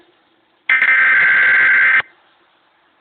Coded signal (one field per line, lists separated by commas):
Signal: Emergency Alert System (SAME) tones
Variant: header bursts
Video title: Tornado Warning EAS Oklahoma